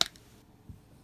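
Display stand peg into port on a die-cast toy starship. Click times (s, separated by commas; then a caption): 0.0 s. The peg of a translucent plastic display stand is pushed into the port on the underside of a die-cast Hot Wheels Star Wars Concept Series Millennium Falcon toy starship. A sharp click at 0.0 s marks the peg seating, followed by faint ticks and a soft low thump near 0.7 s.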